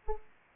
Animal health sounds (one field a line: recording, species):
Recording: mosquito wingbeat signal from an infrared sensor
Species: Aedes aegypti